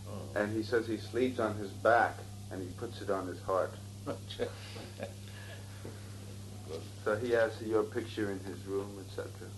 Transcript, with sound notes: And he said he sleeps on his back, and he puts it on his heart.
[laughs] Acchā.
So he has your picture in his room, etc.